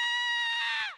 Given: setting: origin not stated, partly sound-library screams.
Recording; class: one-second piece from a danger detection set; woman in danger